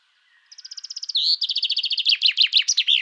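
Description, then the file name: Common chaffinch singing, starting after half a second of quiet with a fast, even trill that steps lower across phrases into louder, sweeping notes, cut off before the ending. "Fringilla coelebs"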